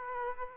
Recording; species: mosquito wingbeat signal from an infrared sensor; Aedes aegypti